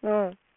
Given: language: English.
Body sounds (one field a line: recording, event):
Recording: throat vibration sensor signal played as sound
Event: speech